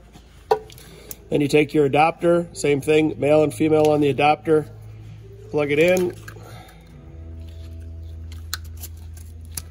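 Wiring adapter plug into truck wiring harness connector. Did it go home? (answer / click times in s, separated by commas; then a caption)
yes / 8.5 s. Someone talks while the male and female plastic connector halves of a wiring adapter are pushed together into the wiring harness connector of a 2017-up Ford Super Duty pickup truck. A sharp click at 8.5 s marks the adapter plug seating, with a few fainter ticks around it and a steady low hum in the background.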